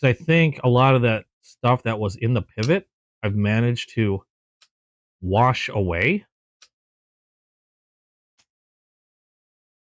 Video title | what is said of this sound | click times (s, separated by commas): New knives for the past week, chat, and my squirrel collection! | And now it's a much more audible snap. | 6.6 s